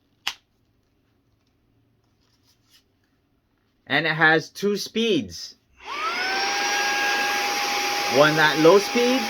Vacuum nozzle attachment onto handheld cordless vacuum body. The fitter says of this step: lock into place